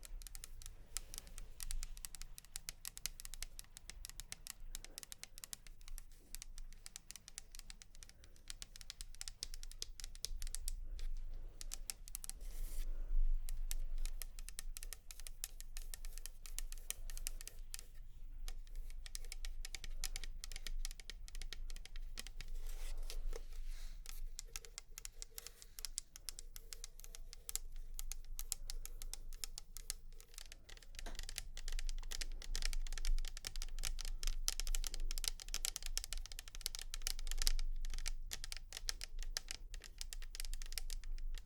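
Tapping, made up of rapid, dense clicks that run almost without pause for the whole stretch, much like typing on a keyboard. The taps are crisp and bright, and they get heavier around 12–14 seconds and again after 33 seconds. A low rumble stays underneath throughout.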